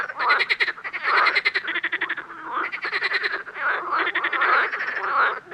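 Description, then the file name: Water frog giving nearly continuous rattling croaks, pulsed bursts running into one another with only short dips between them. "grenouille verte"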